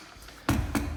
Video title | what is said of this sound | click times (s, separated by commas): MINI Cooper JCW Alcantara Steering Wheel Installation & Review | okay that appears to be popped into place | 0.5 s